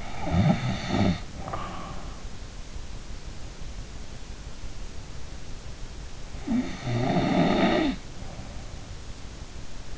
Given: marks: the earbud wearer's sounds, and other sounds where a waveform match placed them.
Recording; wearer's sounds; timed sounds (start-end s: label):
sounds in sleep by an in-ear microphone; snoring breath
0.00-2.17 s: snoring breath
6.37-8.96 s: snoring breath